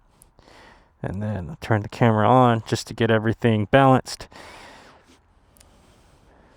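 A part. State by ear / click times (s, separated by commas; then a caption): seated / 0.2 s, 0.4 s. A mirrorless camera is pushed onto its quick-release mount plate after the lock is opened, and two sharp short clicks at 0.2 s and 0.4 s mark it snapping into place. Someone then talks for several seconds, and a faint tick follows near the end.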